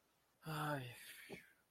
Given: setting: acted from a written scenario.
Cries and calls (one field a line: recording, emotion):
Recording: vocal sound without words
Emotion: negative surprise